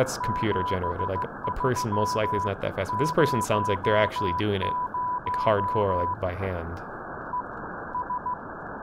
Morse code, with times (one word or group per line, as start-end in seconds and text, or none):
0.2-6.1 7300
7.3-8.3 ES